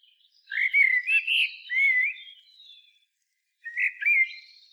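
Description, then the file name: Common blackbird singing a warbling phrase of fluty whistles with faint high overtones, followed after a short gap by a briefer second phrase. "Turdus merula"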